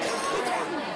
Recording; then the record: coughing mixed with background sound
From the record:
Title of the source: 30 Chesty and wet cough